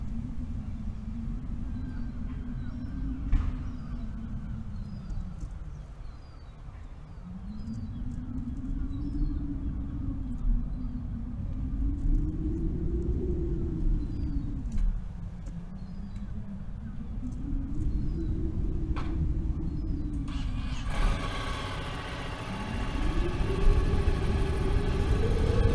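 Strong wind roars low and heavy, swelling and easing in slow waves every few seconds, each gust rising in pitch before falling back. Faint chirps flicker high above, and near the end a brighter hiss joins as the wind surges louder.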